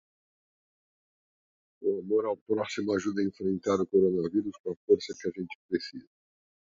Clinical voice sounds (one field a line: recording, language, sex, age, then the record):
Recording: spoken sentence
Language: Brazilian Portuguese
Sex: male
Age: 60 to 69 years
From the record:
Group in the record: control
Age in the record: 61 years